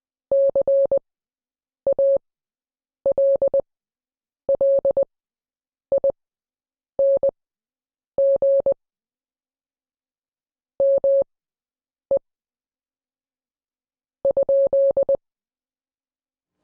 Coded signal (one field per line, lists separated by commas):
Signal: Morse code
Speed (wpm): 20 wpm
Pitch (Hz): 550 Hz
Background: none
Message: CALLING ME ?